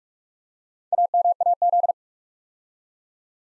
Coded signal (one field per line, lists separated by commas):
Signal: Morse code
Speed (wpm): 44 wpm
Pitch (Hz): 700 Hz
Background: none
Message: AMAZ